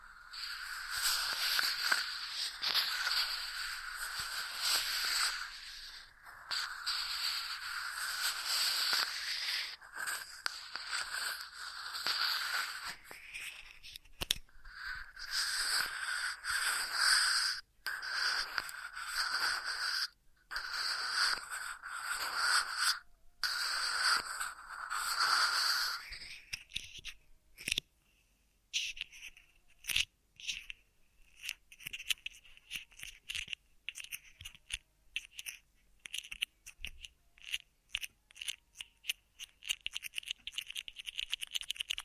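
Ear massage triggers give dense, crackly rubbing and scratching in bursts, brighter and busier until about 26 seconds, then sparser taps and brushing.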